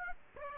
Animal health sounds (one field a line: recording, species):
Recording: mosquito wingbeat signal from an infrared sensor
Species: Aedes aegypti